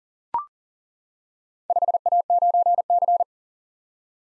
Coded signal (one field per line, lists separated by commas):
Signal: Morse code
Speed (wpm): 40 wpm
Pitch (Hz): 700 Hz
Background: none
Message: 5A9C